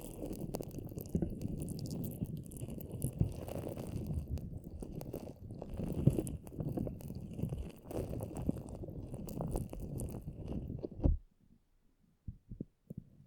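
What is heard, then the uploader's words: Slime is squished and pressed against the microphone in close, dense, wet low squelches for about eleven seconds, then stops abruptly, leaving faint clicks. ASMR SLIME ON THE MICROPHONE (SUPER TINGLY).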